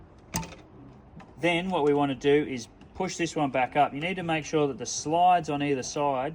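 A standard computer network cable plug is pushed into the port of a link unit mounted on a shed, and it clicks into place with a sharp hit at 0.4 s. Someone then talks, and the cable is seated in the port.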